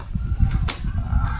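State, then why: Seated. A lower strap fastener is fitted into the strap mount of a handmade cow-leather quiver so that it locks at the top. Low rustling and handling noise lead to a sharp click at 1.3 seconds as the fastener locks in place.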